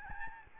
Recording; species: mosquito wingbeat signal from an infrared sensor; Aedes albopictus